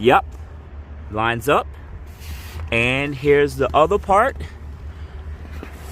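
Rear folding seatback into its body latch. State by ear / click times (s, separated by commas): not seated / none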